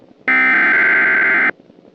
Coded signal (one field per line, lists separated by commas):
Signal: Emergency Alert System (SAME) tones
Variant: header bursts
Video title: Surprise Attack (EAS Scenario)